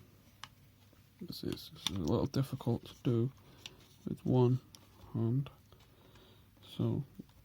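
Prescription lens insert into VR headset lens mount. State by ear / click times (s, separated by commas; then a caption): not seated / none. A prescription lens insert is handled by hand at the lens mount of a VR headset while someone talks, with a few faint taps and handling noises between the words. The insert has not seated or clicked into place yet.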